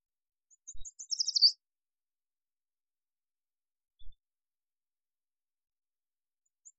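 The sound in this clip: Yellow warbler singing one quick, high, sweet phrase of rapid notes ending in an accent, followed by a couple of faint low thumps and long silence.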